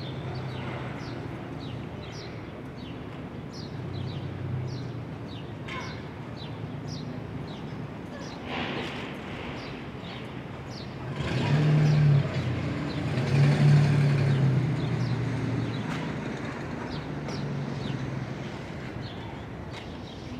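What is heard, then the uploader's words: Exterior city ambience on a Brooklyn roof: a steady low rumble of traffic underlies the whole clip, with faint short chirps or clicks scattered throughout. Around twelve seconds a vehicle swells louder for a few seconds, then the hum settles back to its earlier level. Ext, Brooklyn Roof.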